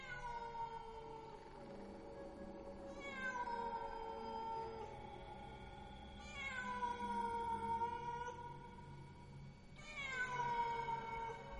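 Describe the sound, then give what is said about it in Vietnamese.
Cats yowl mournfully in long, wavering cries, several drawn-out calls rising sharply and then sliding slowly downward in pitch, fairly loud with overlapping harmonics and no talking. “Trong không gian bây giờ vang lên những tiếng mèo gào, kêu lên vô cùng thảm não.”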